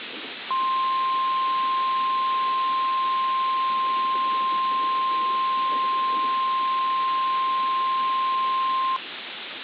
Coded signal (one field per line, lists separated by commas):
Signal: Emergency Alert System (SAME) tones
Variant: 1050 Hz attention tone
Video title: "From the Ocean" - EAS Scenario